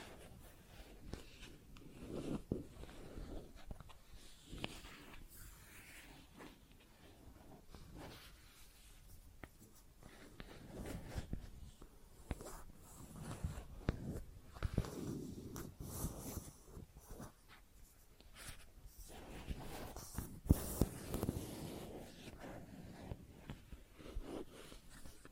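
Plastic objects are tapped and scratched in an irregular stream of short clicks and scrapes, some sharp and bright, others dull and low. The handling is busy throughout, with louder bursts of scraping around the middle and near twenty seconds.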